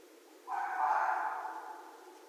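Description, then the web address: Red fox scream, one long rasping wail that starts abruptly and tapers off over about a second and a half. Recorded 2 January 2012. "Red Fox 2012 01 02"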